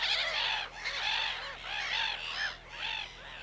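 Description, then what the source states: Black-headed gulls calling as a group, dense harsh screeching squawks rising and falling in overlapping waves, a nearly continuous noisy chorus. Late March, misty cold evening by the sea; gulls returning in spring, tens and later hundreds gathering at the site, changing the soundscape.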